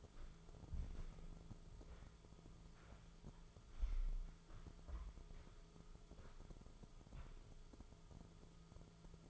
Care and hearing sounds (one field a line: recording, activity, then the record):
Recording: daily activity, microphone in the room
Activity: walk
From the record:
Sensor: 5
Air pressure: 1005.5 hPa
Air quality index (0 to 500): 97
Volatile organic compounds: 2 ppm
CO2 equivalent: 1186 ppm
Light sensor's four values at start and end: 33/77/31/29 and 33/77/31/29